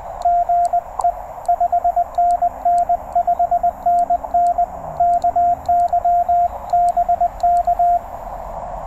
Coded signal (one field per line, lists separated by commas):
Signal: Morse code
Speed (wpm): 20 wpm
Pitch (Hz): 700 Hz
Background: radio noise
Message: GE 5NN 5NN KY BK